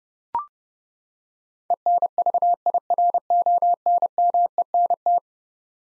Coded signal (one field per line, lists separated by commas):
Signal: Morse code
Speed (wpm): 30 wpm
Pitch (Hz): 700 Hz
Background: none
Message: ENVIRONMENT